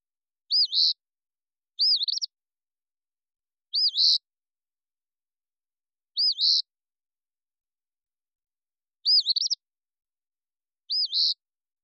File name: Eastern Phoebe